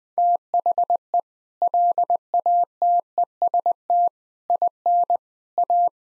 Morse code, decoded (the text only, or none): THE LATEST IN A